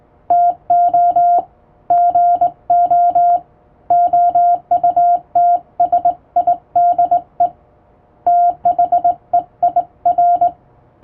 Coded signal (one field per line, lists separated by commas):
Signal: Morse code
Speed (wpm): 20 wpm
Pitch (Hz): 700 Hz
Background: radio noise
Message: TO GO OUTSIDE THEIR